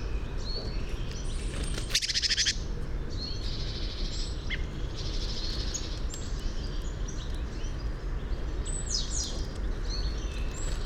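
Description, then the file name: Great tit calls: scattered short high chirps and one harsh buzzy burst near the start, over a steady low rumbling background. "Parus major"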